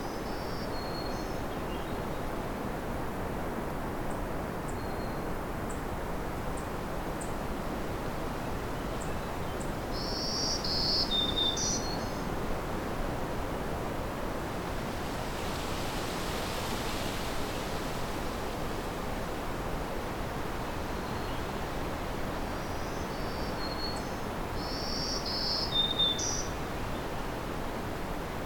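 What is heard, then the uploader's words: A Black-throated Green Warbler sings short, high, buzzy phrases, clearest around 10 to 12 seconds and again near 25 seconds, with fainter thin notes early on. A steady low rushing hiss runs underneath the whole time, swelling slightly near the middle. The Hike Back, Part 1 (Black-throated Green Warbler).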